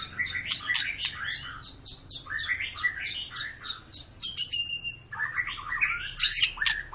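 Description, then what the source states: White-rumped shama: songbird song, dense and jumbled, with chattering warbles and a brief high sustained note against constant low background noise. Long lure recording of an active, persistently singing bird, meant to prompt other birds to sing.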